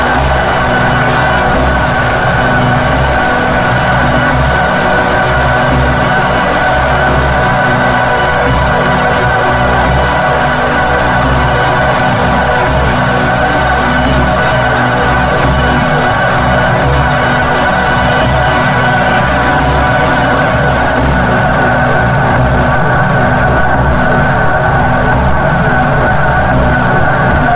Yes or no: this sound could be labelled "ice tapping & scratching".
no